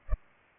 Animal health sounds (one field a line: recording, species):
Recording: mosquito wingbeat signal from an infrared sensor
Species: Culex pipiens